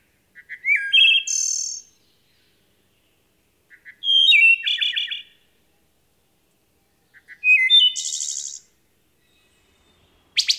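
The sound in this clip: Wood thrush song: three phrases about three seconds apart, each with soft low notes, a clear fluty phrase, then a buzzy trill, with a fourth phrase just starting at the end, over a silent background.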